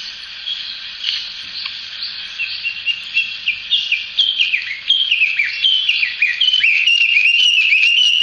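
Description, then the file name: Chinese hwamei song: loud, varied whistled phrases with slurred rising and falling notes, starting softly and building to rich, rapid, ringing whistles toward the end. Recorded on 1 May 2014. "ガビチョウ 遠藤"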